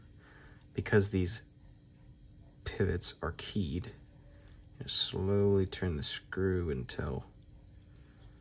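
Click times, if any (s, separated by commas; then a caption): none. Someone talks while slowly turning the keyed pivot screw of a Spyderco Para 3 folding knife during reassembly after cleaning, working it toward its keyed seat in the handle. The screw must be turned slowly because the pivot is keyed. Nothing has seated or clicked yet.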